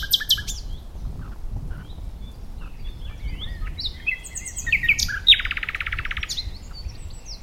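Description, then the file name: Common nightingale singing varied phrases: sharp high notes, short slurred whistles, then a fast buzzy rattle held for about a second near the end. "Luscinia megarhynchos"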